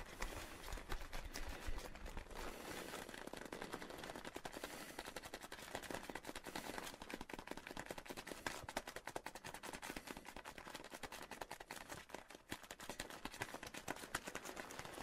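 A leather coat rustles and crackles without pause, a dense, rapid stream of sharp clicks and creaks holding steady for the whole fifteen seconds.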